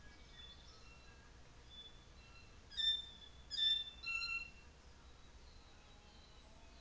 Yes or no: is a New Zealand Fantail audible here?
no